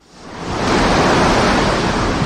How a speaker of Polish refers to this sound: W południe na Bałtyku w Mielnie wiatr wiał z siłą dochodzącą do 7 stopni w skali Beauforta.